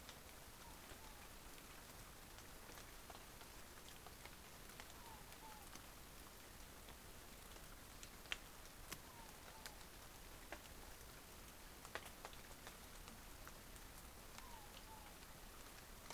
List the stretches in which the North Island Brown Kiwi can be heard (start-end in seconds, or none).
none